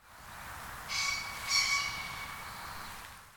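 Bird song: two short bursts of high, thin notes about half a second apart.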